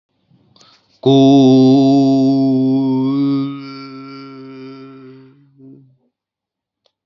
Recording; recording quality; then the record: sustained vowel as in boot; excellent, no background noise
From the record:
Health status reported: healthy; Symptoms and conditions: none ticked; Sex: male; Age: 19 years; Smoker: not ticked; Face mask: not worn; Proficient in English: yes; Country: India